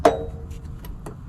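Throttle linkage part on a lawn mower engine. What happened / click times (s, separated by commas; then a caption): The linkage part snapped only partly into place / 0.1 s. A throttle linkage part is pressed into place while it is refitted on an MTD walk-behind mower engine that was hydrolocked with oil. A sharp click comes at 0.1 s, followed by two fainter short ticks at about 0.9 and 1.1 s. The part clicks only partly into place but is judged good enough.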